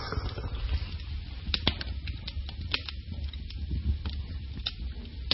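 A fire crackling in a fireplace in a house: irregular sharp pops and snaps, some louder than others, over a steady low rumbling hiss, with no voices.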